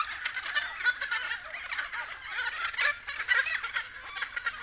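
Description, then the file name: Friarbirds calling together, a harsh, gabbling mix of cackles that overlap without pause. Several friarbirds recorded at 6:30 AM. "BIRD-FRIARBIRDS-N-301111-6 30 AM"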